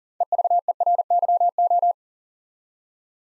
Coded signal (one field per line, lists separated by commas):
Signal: Morse code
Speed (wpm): 42 wpm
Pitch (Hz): 700 Hz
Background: none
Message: EVERYO